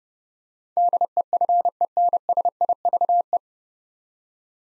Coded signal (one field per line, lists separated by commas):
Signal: Morse code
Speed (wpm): 31 wpm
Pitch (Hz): 700 Hz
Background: none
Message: DEFENSIVE